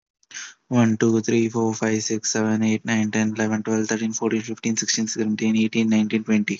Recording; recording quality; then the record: counting at a fast pace; excellent, no background noise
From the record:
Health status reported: healthy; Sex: male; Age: 23 years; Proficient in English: yes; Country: India